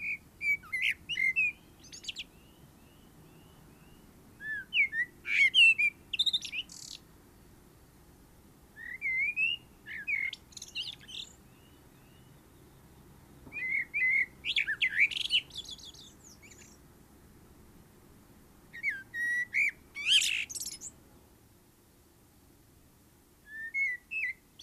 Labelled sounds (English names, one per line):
Common Blackbird song